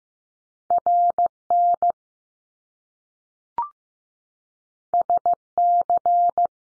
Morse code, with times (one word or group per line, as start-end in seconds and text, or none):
0.7-1.3 R
1.5-1.9 N
4.9-5.3 S
5.6-6.5 C